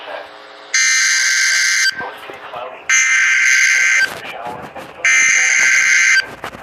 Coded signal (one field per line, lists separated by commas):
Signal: Emergency Alert System (SAME) tones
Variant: header bursts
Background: speech